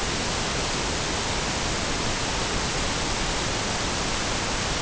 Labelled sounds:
none
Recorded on Arctic tundra, site NAIT-1, on 23 June 2018
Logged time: 19:00

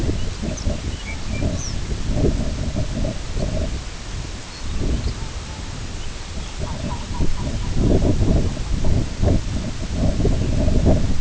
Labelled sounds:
Lapland Longspur (Calcarius lapponicus), Long-tailed Duck (Clangula hyemalis), unidentified sound
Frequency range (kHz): Lapland Longspur (Calcarius lapponicus) 2.0-7.0 kHz; Long-tailed Duck (Clangula hyemalis) 0.3-1.3 kHz
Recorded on Arctic tundra, site IGLO-B, on 22 June 2018
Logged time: 21:59

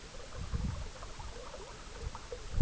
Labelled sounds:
none
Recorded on Arctic tundra, site EABA-MC, on 19 June 2019
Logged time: 22:00

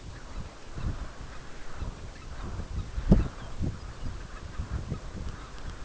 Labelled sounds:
Herring Gull (Larus argentatus), unidentified sound
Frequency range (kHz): Herring Gull (Larus argentatus) 0.7-4.8 kHz
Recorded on Arctic tundra, site UTQI-5, on 14 June 2019
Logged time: 04:00

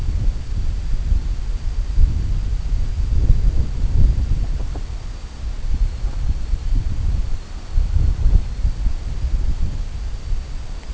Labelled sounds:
none
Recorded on Arctic tundra, site CORI-1, on 21 June 2018
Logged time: 00:00

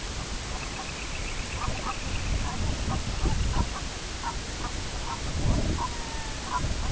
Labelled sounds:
Semipalmated Sandpiper (Calidris pusilla), unidentified sound, Red-throated Loon (Gavia stellata)
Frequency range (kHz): Semipalmated Sandpiper (Calidris pusilla) 2.0-3.4 kHz; Red-throated Loon (Gavia stellata) 0.7-2.2 kHz
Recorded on Arctic tundra, site IGLO-B, on 21 June 2018
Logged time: 07:59

